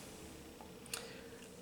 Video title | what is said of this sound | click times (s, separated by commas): Flosstube #168 - Spooky SALs and Saved Stitches | and it pops right in | 0.9 s